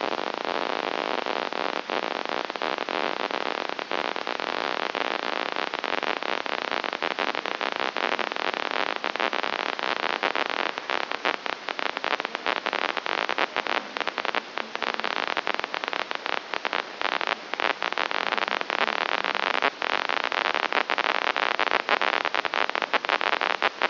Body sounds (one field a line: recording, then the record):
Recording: brain microelectrode recording played as sound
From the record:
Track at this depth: inside the subthalamic nucleus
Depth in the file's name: 4.502 mm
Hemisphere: left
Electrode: 2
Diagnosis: Parkinson's disease